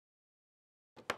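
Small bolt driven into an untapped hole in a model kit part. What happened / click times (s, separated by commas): A single sharp snap, possibly the driver slipping off the bolt head / 1.1 s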